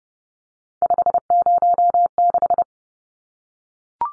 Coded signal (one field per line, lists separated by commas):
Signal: Morse code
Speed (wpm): 30 wpm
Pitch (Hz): 700 Hz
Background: none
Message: 506